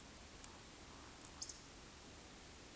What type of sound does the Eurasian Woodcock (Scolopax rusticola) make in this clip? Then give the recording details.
whistle, croak. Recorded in Baden-Württemberg, Germany, on 9 May 2021 at 19:27 UTC. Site 23718, 552 m above sea level